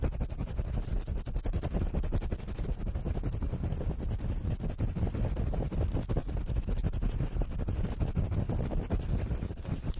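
Fast, rough ear cleaning: a continuous stream of rapid scratching and rubbing strokes over a heavy, low rumble. The strokes come densely and without pause, keeping the loudness steady for the whole ten seconds, with faint brighter scrapes on top.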